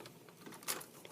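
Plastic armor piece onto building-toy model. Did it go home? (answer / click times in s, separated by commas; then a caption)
yes / 0.7 s. A plastic building-toy armor piece is pressed onto a Bionicle model, with faint plastic ticks and rustles throughout. At 0.7 s it snaps into place with a brief, very quiet click, and the piece is seated.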